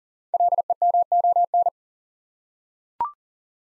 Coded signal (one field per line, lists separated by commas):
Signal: Morse code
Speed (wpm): 39 wpm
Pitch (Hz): 700 Hz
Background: none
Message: LEMON